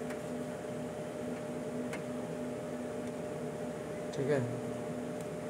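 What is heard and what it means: An RJ45 Ethernet cable's plastic plug is handled and pushed toward the network port on a desktop PC, with a brief scuffing sound around 4.3 s over a steady low hum and a faint constant tone. Someone talks briefly. Nothing has seated or clicked yet.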